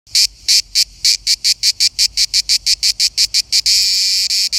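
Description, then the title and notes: Cicada song: a rapid series of separate buzzy pulses, then a continuous rasping buzz near the end, with a short break before it resumes. Single cicada, on holiday in Verona. "Eine Zikade im Urlaub in Verona"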